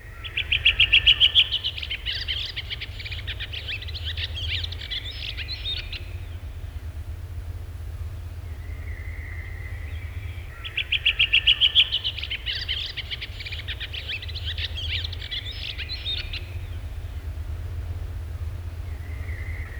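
Bird song in two bouts, each opening with rapid repeated trilled notes and dissolving into a high, jumbled twitter, with soft single calls between them over a low steady rumble.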